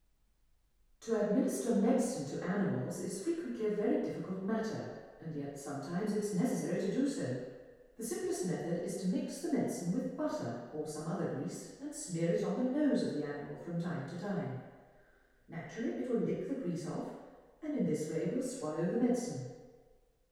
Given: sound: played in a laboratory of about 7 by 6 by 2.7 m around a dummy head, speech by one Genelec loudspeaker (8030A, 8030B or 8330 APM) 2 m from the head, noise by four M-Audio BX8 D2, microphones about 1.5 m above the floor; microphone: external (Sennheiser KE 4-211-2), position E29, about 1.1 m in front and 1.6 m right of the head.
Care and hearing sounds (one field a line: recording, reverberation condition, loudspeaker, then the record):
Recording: female speech in English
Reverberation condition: high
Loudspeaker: 150 degrees to the right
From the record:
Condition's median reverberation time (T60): about 1300 ms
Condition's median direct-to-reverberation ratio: about -4.0 dB